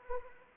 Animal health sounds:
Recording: mosquito wingbeat signal from an infrared sensor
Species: Anopheles arabiensis

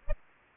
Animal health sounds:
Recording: mosquito wingbeat signal from an infrared sensor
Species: Aedes aegypti

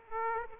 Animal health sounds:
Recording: mosquito wingbeat signal from an infrared sensor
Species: Aedes aegypti

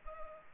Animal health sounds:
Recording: mosquito wingbeat signal from an infrared sensor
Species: Culex pipiens

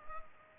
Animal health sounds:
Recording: mosquito wingbeat signal from an infrared sensor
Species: Culex pipiens

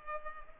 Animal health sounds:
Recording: mosquito wingbeat signal from an infrared sensor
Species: Culex pipiens

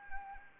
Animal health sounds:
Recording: mosquito wingbeat signal from an infrared sensor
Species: Anopheles arabiensis

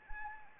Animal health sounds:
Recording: mosquito wingbeat signal from an infrared sensor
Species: Anopheles arabiensis

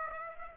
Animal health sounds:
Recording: mosquito wingbeat signal from an infrared sensor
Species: Aedes aegypti

